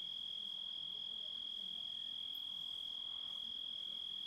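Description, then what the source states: Grasshopper trill, an even, piercing high note sustained without interruption for the whole span. Composite of grasshopper sounds.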